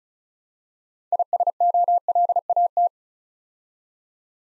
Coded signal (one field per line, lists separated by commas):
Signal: Morse code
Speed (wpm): 36 wpm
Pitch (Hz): 700 Hz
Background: none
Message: ISOLAT